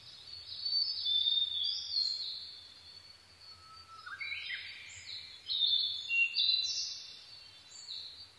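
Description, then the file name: Blue-and-white flycatcher song: whistled, warbling phrases sliding between high and mid pitch, two bursts separated by a quieter pause, with a faint low hum beneath. Recorded 22 May 2011 at 04:34. "ooruri-20110522-0434"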